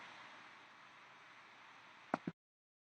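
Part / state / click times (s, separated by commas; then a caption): pendulum arm into the latch of an impact testing machine / seated / 2.1 s. A steady broadband hiss runs as the metal pendulum of an Izod impact tester is raised counterclockwise by hand to the low latch position. A sharp click of the pendulum arm catching in the machine's latch sounds at 2.1 s, followed by a softer knock at 2.3 s before the sound cuts to silence. The pendulum is latched in the raised position.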